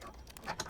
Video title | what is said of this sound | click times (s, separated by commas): I Kept Forgetting to Lock My Milwaukee PACKOUT Drawers... So I Fixed It | All you have to do is you wiggle it on into place, it snaps in place right onto the bar markings, and | 0.6 s